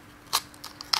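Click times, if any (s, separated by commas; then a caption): none. A plastic clamp accessory is forced onto the mount of an SJCAM SJ4000 action camera, a fit that is a bit hard to fix. Short, bright plastic ticks and scrapes sound at about 0.4, 0.6, 0.8 and 0.9 s, with the sharpest at 0.9 s. Nothing has seated or clicked home yet.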